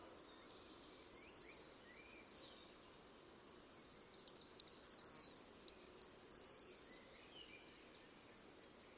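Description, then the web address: Bird song: high, thin phrases of a rising slurred whistle followed by a rapid trill of short ticking notes, repeated three times with pauses in clean silence. "cianscape. Deverinetal. Bird Only"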